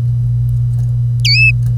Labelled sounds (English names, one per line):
Domestic Canary song